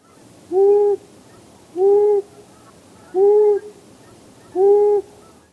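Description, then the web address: Long-eared owl hooting: four low hoots, evenly spaced, over a quiet background. "Thumbs Plus Zoo Field Guide Repository"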